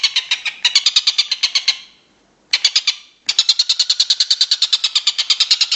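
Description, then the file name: Stork-billed kingfisher giving rapid rasping notes in three runs separated by brief silences. "tengkek buto om andri"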